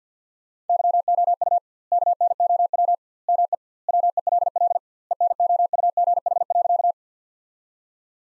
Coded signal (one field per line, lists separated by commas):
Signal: Morse code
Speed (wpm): 50 wpm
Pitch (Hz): 700 Hz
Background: none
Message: YOU KNOW ME WELL ENOUGH.